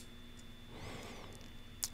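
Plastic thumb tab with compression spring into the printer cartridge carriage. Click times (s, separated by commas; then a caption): 1.8 s. A blue plastic thumb tab with its compression spring is pushed into an Epson printer cartridge carriage, its square slipped under the spatula, to fix a cartridge that cannot be recognized because of a missing compression spring. Low, steady background noise and a steady high tone run under some soft rustling before a single sharp click at 1.8 s as the tab seats into place.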